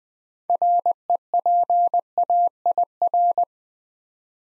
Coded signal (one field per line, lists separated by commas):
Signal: Morse code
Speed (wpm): 20 wpm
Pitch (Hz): 700 Hz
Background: none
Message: REPAIR